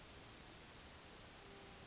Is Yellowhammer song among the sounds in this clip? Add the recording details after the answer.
yes. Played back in forest. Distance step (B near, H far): G. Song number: 119